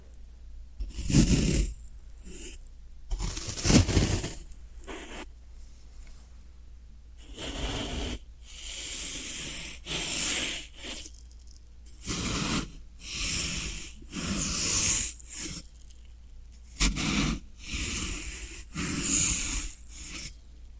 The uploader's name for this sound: Floral Foam Sounds